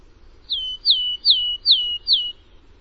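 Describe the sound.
Bird calls: five clear, downward-slurred whistled notes in quick succession, each dropping sharply in pitch, over a faint low background hum.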